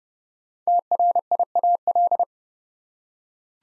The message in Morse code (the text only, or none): TRIAL